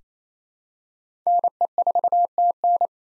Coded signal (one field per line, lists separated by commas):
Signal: Morse code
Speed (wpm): 28 wpm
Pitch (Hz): 700 Hz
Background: none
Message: NE4TN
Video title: 2023 SOTA Chaser Call Signs - 28wpm